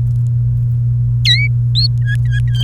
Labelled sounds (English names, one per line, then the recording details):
Domestic Canary song
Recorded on 29 April 2018 at 11:23
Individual llb3